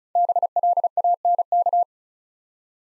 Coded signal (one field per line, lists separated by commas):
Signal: Morse code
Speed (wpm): 36 wpm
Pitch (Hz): 700 Hz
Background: none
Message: BLANK